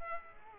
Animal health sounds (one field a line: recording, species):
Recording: mosquito wingbeat signal from an infrared sensor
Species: Culex quinquefasciatus